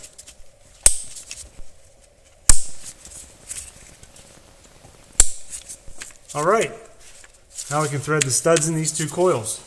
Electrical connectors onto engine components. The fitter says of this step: Push them until they click.